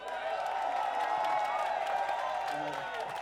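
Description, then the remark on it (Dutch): A crowd at a demonstration for solidarity and against fascism applauds loudly and steadily for their lawyer, dense clapping with a few cheers and voices mixed in, holding at an even level for the whole few seconds. “Dus mag ik alsjeblieft een heel hard applaus voor onze advocaat”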